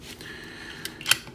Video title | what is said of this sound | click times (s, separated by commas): Transformers: Masterpiece - MP-43 Beast Wars MEGATRON | pegs you should be you should be locked into place whether you there we go you | 1.1 s